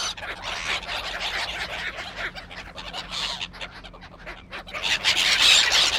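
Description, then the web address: Gulls squabbling: a dense, harsh clamour of overlapping squawks and cries throughout, swelling louder toward the end, over a low steady hum. Seagulls squabbling. "Sound Effects-Tom Hutchings Seagulls Squabbling"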